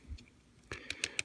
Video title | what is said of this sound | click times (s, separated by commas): Fansproject: Saurus Ryu-Oh - DINOICHI | I rotate the shoulders around and snap them in like that so | 0.7 s, 0.9 s, 1.0 s, 1.2 s